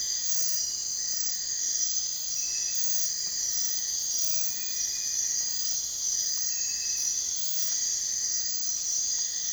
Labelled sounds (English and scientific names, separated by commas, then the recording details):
none
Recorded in dense forest near Puerto Asís, Putumayo, Colombia, on 23 June 2025 at 02:00
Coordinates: 0.468, -76.322
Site GP03